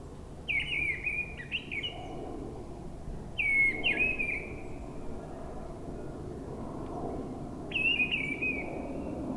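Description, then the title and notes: Mistle thrush singing three short, fluty phrases with slurred descending whistles, separated by pauses, over a constant low rumble of background noise. Wild mistle thrush singing high in a treetop at a forest edge, Brison-Saint-Innocent, France, on a grey 10° Sunday, with frequent aircraft from a nearby airport. "Brison-Saint-Innocent, France - Grive draine. En lisière de la forêt une grive draine chante haut perchée à la cime d'un arbre, beaucoup de passages d'avions avec l'aéroport proche un dimanche, il y a quand même un moment plus calme pour l'entendre seule, le temps est gris 10°"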